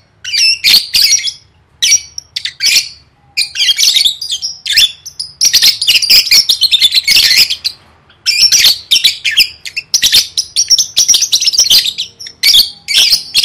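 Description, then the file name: Lovebird calls: continuous scratchy, high-pitched chattering and squeaks, nearly unbroken for long stretches with a few short pauses. "tieng vet mau don"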